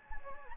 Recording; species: mosquito wingbeat signal from an infrared sensor; Anopheles gambiae